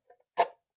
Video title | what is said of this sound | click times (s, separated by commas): DESTROY DUST MITES with the JIGOO-J300! FULL VIDEO! | right here and it clicks into place right here like that | 0.4 s